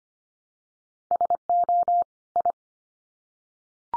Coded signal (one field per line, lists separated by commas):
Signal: Morse code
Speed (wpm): 25 wpm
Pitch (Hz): 700 Hz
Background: none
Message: SO I